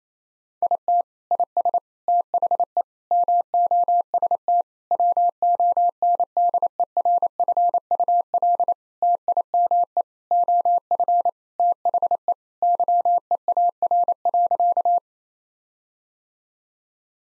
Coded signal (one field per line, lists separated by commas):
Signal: Morse code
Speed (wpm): 28 wpm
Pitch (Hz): 700 Hz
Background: none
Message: IT IS THE MOST WONDERFUL TIME OF THE YEAR.